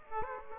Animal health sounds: mosquito wingbeat signal from an infrared sensor; Aedes aegypti

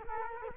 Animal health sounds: mosquito wingbeat signal from an infrared sensor; Culex quinquefasciatus

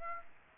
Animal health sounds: mosquito wingbeat signal from an infrared sensor; Aedes aegypti

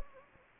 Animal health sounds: mosquito wingbeat signal from an infrared sensor; Anopheles gambiae

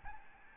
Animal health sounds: mosquito wingbeat signal from an infrared sensor; Aedes albopictus

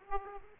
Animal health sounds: mosquito wingbeat signal from an infrared sensor; Aedes aegypti

